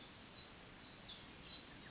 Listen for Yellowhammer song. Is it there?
no